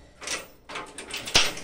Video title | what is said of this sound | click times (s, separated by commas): COMO COLOCAR UMA BETONEIRA EM CIMA DE UMA CARRETINHA FÁCIL FÁCIL | normal de qualquer carretinha tá travado aqui ó beleza pessoal então | 1.4 s